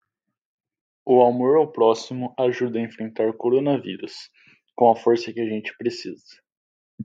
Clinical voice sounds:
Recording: spoken sentence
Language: Brazilian Portuguese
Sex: male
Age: 30 to 39 years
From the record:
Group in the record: control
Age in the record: 31 years

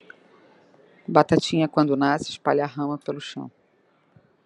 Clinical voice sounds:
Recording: short text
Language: Brazilian Portuguese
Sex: female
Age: 50 to 59 years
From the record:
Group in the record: control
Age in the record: 55 years

